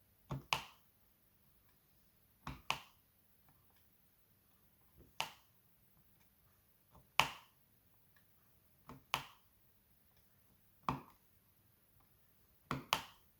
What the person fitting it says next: Enfin bref, vous l'avez compris, hein. Ça clipse.